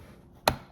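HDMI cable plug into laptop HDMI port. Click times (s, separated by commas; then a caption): 0.5 s. An HDMI cable plug is pushed firmly into a laptop's HDMI port and clicks into place at 0.5 s, a sharp broadband snap rising about 49 dB above a quiet, low background. A much fainter tick follows at 0.7 s, and the plug ends up firmly seated.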